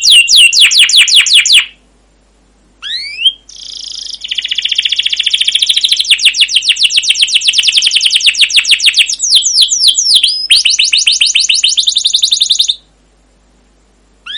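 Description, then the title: Canary song: quick down-slurred chirps, a short pause, then a long buzzy roll of rapid notes mixed with more down-slurred chirps, ending in silence and one brief final note. Long continuous rolling canary song with 'cuit cuit' chirps, in the 'masteran' style used as a lure recording to stimulate other canaries to sing. "CUIT CUIT NGEROL LANGSUNG GACOR PANJANG Kenari Utk Pancingan KENAR. Masteran Suara Burung Kenari Gacor Panjang cuit cuit Ngerol untuk Pancingan Kenari!"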